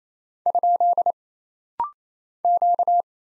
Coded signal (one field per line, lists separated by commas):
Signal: Morse code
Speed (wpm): 27 wpm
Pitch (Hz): 700 Hz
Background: none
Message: ? Q